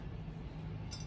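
During an electric wood planer repair, a metal shaft key is fitted into the newly cut keyway slot of a planer part. A small metallic clink at 0.9 s marks the key seating, over a steady low background hum. The key fits exactly into the repaired keyway.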